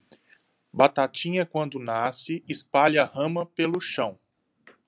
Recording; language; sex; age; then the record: short text; Brazilian Portuguese; male; 50 to 59 years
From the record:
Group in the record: control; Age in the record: 55 years